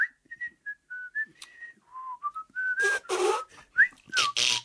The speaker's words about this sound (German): Und da hat er nach Feierabend vor sich hingepfiffen.